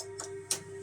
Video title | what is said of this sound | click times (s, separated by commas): FITTING A 24 PORT SWITCH USING FIBRE | when you put them in you push them in until they click and you can hear them click | 0.5 s